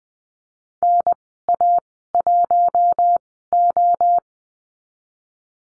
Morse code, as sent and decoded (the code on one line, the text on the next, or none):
-. .- .---- ---
NA1O